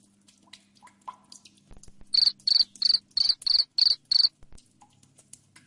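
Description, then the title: Cricket chirping, low hum and faint clicks, then a burst of seven loud evenly spaced chirps, followed by quiet. Loud cricket chirping used to make lovebirds sing continuously. "Suara JANGKRIK NGERIK Keras Bikin LOVEBIRD Jadi NGEKEK Terus Vubey"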